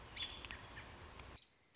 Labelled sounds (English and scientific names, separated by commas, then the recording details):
American Robin (Turdus migratorius)
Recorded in Sonoma County, California